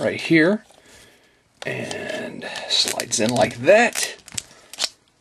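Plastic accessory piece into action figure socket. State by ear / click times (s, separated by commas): not seated / none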